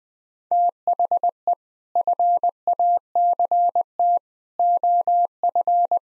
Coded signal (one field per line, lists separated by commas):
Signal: Morse code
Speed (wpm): 20 wpm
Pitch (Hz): 700 Hz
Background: none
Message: THE FACT OF